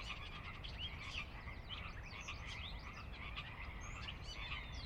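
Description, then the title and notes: Pacific chorus frogs in a dense chorus of overlapping short croaks, with a steady low rumble underneath. Chorus on the valley floor of Sinlahekin Valley, Sinlahekin Wildlife Area, Washington, a glacier-dug trench near the Cascades' northeastern slope; recorded at dusk; frogs described as ever-present. "Sinlahekin Valley dusk. the ever-present Pacific Chorus Frogs that are a fixture of the Northwest Soundscape"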